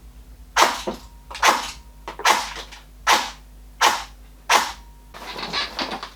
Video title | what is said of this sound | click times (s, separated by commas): BEGADI NEBO CY - Rotacyjna komora CNC do AK | mag click like before, no problems, honestly I don't have any fillers here now but | 5.8 s